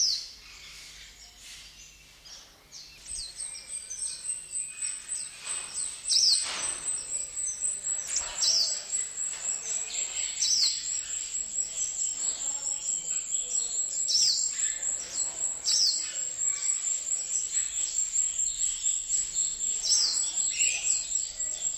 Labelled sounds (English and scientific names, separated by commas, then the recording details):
Oriental White-eye (Zosterops palpebrosus) call
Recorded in captivity
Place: Zoo Berlin, Berlin, DE
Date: 1988-05-28 11:02
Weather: sunny, warm and humid, 20-26°C
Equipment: 19 cm Stereo
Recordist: Tembrock, Günter